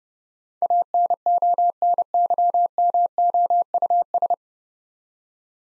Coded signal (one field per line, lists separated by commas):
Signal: Morse code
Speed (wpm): 30 wpm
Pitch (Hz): 700 Hz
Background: none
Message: ANONYMOUS